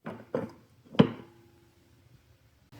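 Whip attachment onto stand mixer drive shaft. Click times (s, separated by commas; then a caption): 1.0 s. A whip attachment is lined up on the center drive of a Bosch Universal Plus stand mixer, just like the dough hook, and pushed down onto it. Two short handling knocks come at about 0.1 and 0.3 s, then a sharp click at 1.0 s with a brief ringing tone after it, followed by near silence. The whip is seated on the drive.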